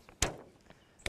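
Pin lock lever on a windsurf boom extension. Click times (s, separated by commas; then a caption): 0.2 s, 1.1 s. While rigging a 2011 Wave & X-Over sail, the windsurf boom extension has been pulled out to the recommended length and the pin lock levers are pressed back down. There are sharp clicks at 0.2 s and 1.1 s, the first one loud with a decaying tail. The pin lock clamps shut and seats, leaving the boom solid.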